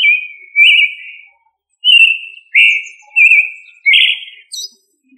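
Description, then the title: Thrush singing sweet whistled phrases, some drawn out and slightly falling, separated by brief pauses, ending in a quick high flourish. "Familia Turdidae - Sabia"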